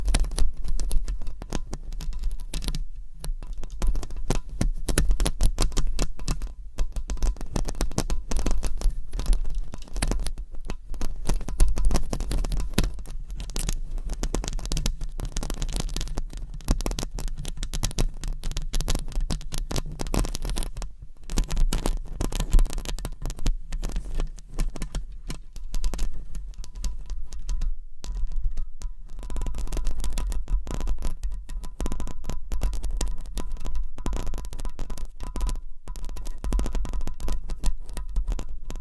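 Fingernails scratch rapidly and continuously across a microphone cover, producing a dense crackling rasp that barely pauses across the clip. A deep, steady hum sits underneath throughout, with a faint thin whine higher up.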